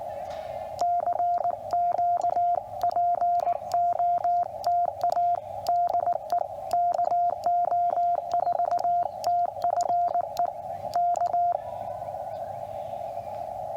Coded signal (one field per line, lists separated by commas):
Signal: Morse code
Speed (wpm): 20 wpm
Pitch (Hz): 700 Hz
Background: radio noise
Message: CQ POTA DE KO4TFE K